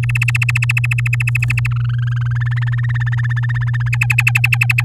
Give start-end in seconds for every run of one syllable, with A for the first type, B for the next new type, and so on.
0.03-1.67 A, 1.71-2.33 B, 2.35-3.89 C, 3.92-4.83 D